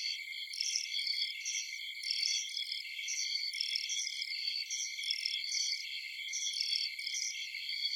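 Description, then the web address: Dense chorus of insect chirps, rhythmic high pulses layered over a continuous buzzing drone. Insects at night in a forest. "Blastwave INSECTS Amb Night Forest"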